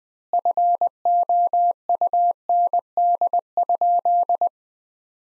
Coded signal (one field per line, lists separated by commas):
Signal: Morse code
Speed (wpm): 20 wpm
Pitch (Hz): 700 Hz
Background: none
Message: FOUND?